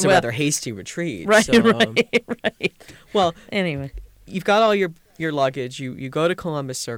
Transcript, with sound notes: It was a rather hasty retreat.
Right. ( she laughs )
Well, anyway, you've got all your luggage, you go to Columbus Circle.